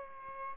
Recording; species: mosquito wingbeat signal from an infrared sensor; Aedes albopictus